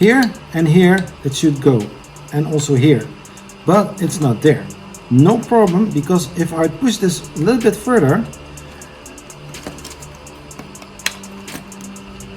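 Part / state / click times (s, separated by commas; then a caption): 3D-printed plastic part going into a robot hand assembly / seated / 11.1 s. Someone talks over background music while pushing a 3D-printed plastic part of a robot hand assembly a little further into place. After the talking stops, a few faint handling knocks lead to a sharp click at 11.1 s as the part snaps into its seat, needing no glue.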